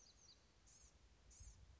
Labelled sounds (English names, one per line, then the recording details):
Blue-gray Gnatcatcher
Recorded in Sonoma County, California